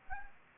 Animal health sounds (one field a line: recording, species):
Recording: mosquito wingbeat signal from an infrared sensor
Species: Anopheles gambiae